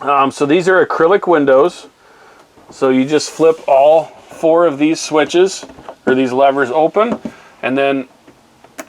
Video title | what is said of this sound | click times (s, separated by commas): LichtsinnRV.com - 2019 Winnebago View 24D Guest Orientation | you just kind of listen for the clicks, and then that's where it goes in. | 8.6 s, 8.8 s